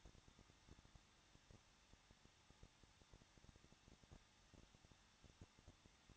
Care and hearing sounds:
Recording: daily activity, microphone in the room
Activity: no activity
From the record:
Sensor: 3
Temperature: 21.2 degrees Celsius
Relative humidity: 36.3%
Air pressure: 1006.2 hPa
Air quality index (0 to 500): 222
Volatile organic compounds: 42 ppm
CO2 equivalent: 3175 ppm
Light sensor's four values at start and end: 2/3/2/2 and 2/3/2/2

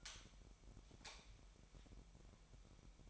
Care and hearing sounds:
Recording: daily activity, microphone in the room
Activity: light on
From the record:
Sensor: 1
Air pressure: 1012.0 hPa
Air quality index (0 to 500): 233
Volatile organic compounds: 6 ppm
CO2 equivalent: 1857 ppm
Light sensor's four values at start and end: 14/34/14/16 and 17/47/19/21

